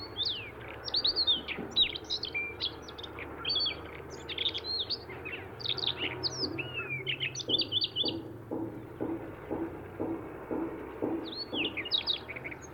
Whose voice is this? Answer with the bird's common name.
Siberian Rubythroat